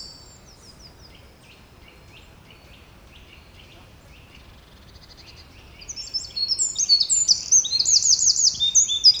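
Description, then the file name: Eurasian wren: soft, high ticking notes for several seconds, then a loud, rapid, high-pitched trilled song takes over. "Troglodytes troglodytes"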